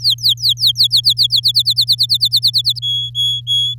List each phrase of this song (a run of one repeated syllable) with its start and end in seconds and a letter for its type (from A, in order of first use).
0.00-1.01 A, 1.03-2.79 B, 2.82-3.74 C